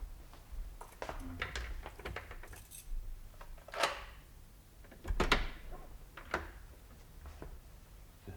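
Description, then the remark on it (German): A hotel room key for room number 1 is handed over: a series of light metallic clinks and rattles in an irregular rhythm, with a few louder scraping jingles, and no voices. “Moment. Schlüssel.”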